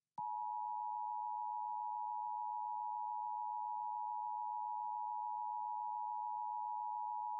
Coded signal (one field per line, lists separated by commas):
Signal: Emergency Alert System (SAME) tones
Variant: 853 and 960 Hz attention tone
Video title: LIVE AM/MW DX: DX Central Live - S. 3, Ep. 12 | Friday, December 9, 2022 | MWFC: 1290-1302 kHz